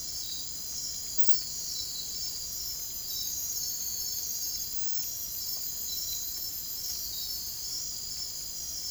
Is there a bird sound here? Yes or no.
no